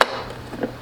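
A plastic face plate on a Philips pasta maker, with the U pointing down, is guided over the auger and onto the two pins of the machine body. It seats with a sharp, loud click at 0.0 s, followed by a fainter knock around 0.6 s. The face plate is confirmed seated.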